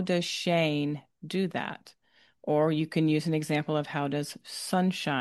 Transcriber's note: none